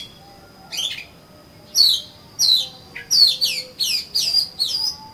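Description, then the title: Oriental magpie-robin singing bright falling whistled notes, single then in a rapid run of about six near the end, over a faint continuous high hum. "Kacer Kacer"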